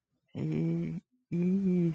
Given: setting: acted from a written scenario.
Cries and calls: vocal sound without words; embarrassment

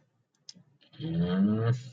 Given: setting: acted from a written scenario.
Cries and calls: vocal sound without words; desire

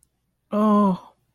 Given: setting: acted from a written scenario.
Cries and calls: vocal sound without words; sadness

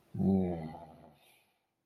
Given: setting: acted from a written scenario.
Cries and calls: vocal sound without words; shame

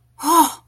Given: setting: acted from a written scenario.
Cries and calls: vocal sound without words; awe

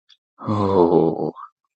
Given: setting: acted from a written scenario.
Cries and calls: vocal sound without words; romantic love

